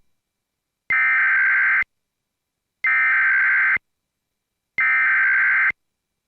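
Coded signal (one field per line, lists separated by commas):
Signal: Emergency Alert System (SAME) tones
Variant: header bursts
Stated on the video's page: Fictional EAS scenario, not a real broadcast, which may or may not contain valid EAS tones.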